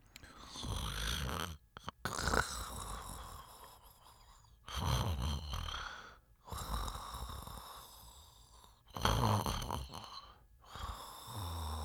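Low, rumbling snores recur in an unhurried rhythm, about 14 breaths a minute, with quieter pauses between them. It is the calm snoring of a sleeping adult man.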